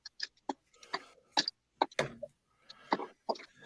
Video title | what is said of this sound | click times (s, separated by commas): FIGGAH BANGIN' - S3/EP44 - TAKARA MP SKYFIRE | there we go it's a very soft click but it does click into place | 1.8 s, 2.0 s